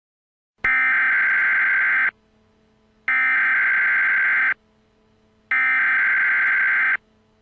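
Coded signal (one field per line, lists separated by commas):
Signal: Emergency Alert System (SAME) tones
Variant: header bursts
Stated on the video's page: Fictional EAS scenario.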